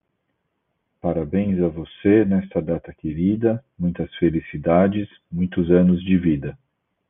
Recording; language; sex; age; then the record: short text; Brazilian Portuguese; male; 40 to 49 years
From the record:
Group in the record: control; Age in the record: 40 years